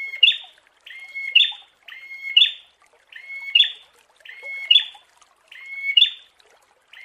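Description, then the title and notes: Prinia song: repeated phrases of a flat whistled note followed by a harsher chirp, roughly one phrase a second. Long-duration Indonesian 'masteran' therapy recording of the prenjak, made for training songbirds. "Masteran Terapi Prenjak Durasi Panjang. Burung Prenjak"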